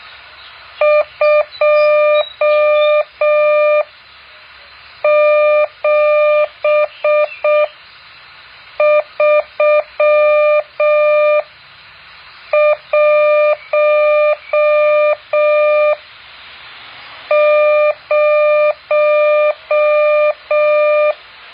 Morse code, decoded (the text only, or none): 27310